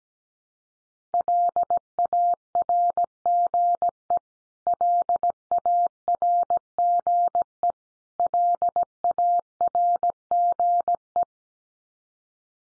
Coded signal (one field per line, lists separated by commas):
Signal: Morse code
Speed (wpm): 17 wpm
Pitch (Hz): 700 Hz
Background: none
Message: LARGE LARGE LARGE